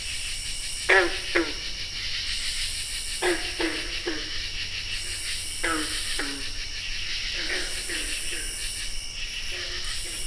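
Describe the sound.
Green frog calls, abrupt low twanging notes in irregular clusters, set against continuous buzzy insect song at several pitches.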